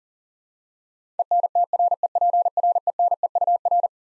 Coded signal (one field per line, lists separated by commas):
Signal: Morse code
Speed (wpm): 40 wpm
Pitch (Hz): 700 Hz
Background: none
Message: ENTREPRENEUR